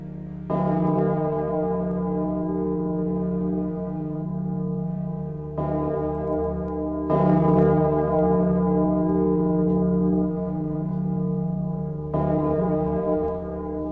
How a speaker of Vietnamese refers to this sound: Hắn vung ra một cái chuông đồng nhỏ như là cái chén uống trà, rung lên. Tiếng chuông vang lên khuấy đảo không khí. Chỉ là một cái tiếng chuông nhỏ, thế nhưng dần dần nó trầm bổng, vang lên kinh khủng, đinh tai nhức óc.